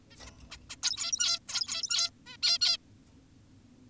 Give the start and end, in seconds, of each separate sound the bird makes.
0.11-0.17, 0.27-0.31, 0.51-0.58, 0.70-0.76, 0.83-1.39, 1.48-2.10, 2.26-2.37, 2.43-2.59, 2.61-2.78